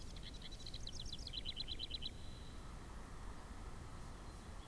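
House wren song: one quick bubbling phrase of high chattering notes dropping into an even, rapid trill, lasting about two seconds, then low background hum.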